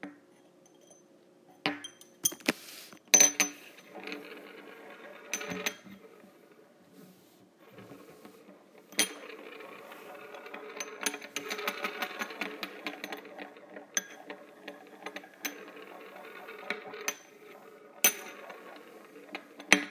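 Metal straws clink and rattle in sharp bright taps, clustered around 2–3 seconds, with a denser jangling stretch from about 9 to 13 seconds.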